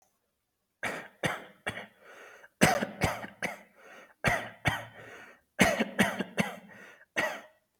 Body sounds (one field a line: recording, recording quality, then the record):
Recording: shallow voluntary cough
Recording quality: excellent, no background noise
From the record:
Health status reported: healthy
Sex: male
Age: 31 years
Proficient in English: yes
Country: India